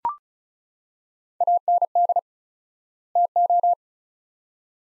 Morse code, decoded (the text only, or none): AND TO